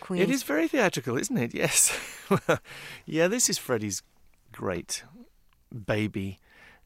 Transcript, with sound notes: It is very theatrical, isn't it? Yes (laughter). Yeah, this is Freddie's great baby.